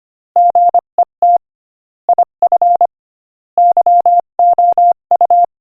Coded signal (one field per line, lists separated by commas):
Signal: Morse code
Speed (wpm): 25 wpm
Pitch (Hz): 700 Hz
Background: none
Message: GET IF YOU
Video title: Morse Code Practice: 25 wpm Joke #17